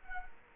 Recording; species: mosquito wingbeat signal from an infrared sensor; Culex quinquefasciatus